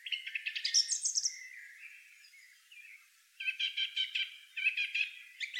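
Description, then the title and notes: Song thrush song: rapid repeated notes in short trilled phrases, a softer lower warble in the middle, then another burst of quickly repeated sharp notes. "Song thrush. Певчий дрозд by deepsweet"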